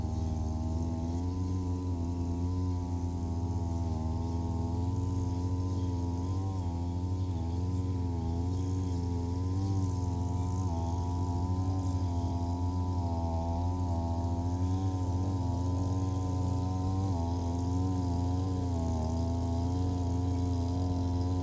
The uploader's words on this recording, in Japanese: ひたすら草刈り機で草刈り。梅雨真っ只中。草刈り機でネギの列、そして畑まわりを刈っていきます。録音場所は固定なので、あっちへ行ったり、こっちへ行ったりがわかりますね。